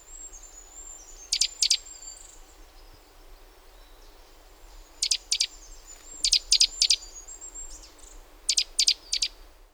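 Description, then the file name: Great tit calling with crisp, clipped metallic notes in clusters of two to four, spaced irregularly, a faint high thin whistle and constant background hiss beneath. "Parus major"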